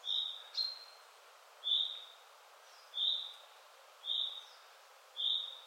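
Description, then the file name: Common chaffinch calls: a series of short high notes, roughly one per second, over light background hiss. "Fringilla coelebs"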